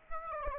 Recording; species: mosquito wingbeat signal from an infrared sensor; Aedes albopictus